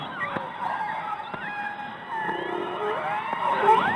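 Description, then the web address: Orca calls underwater, a few clicks and wavering harmonic tones, with a rising squeal near the end. Underwater recording. "subacuatica Audio archivos Orcas"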